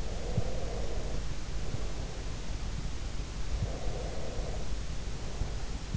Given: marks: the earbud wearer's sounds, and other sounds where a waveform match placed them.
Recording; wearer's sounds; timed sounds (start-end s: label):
sounds in sleep by an in-ear microphone; breath
0.00-2.14 s: breath
3.66-5.94 s: breath